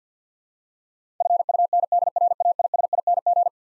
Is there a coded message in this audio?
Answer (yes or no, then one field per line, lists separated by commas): yes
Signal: Morse code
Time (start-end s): 1.2-3.5 s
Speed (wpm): 50 wpm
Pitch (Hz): 700 Hz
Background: none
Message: FUNDRAISING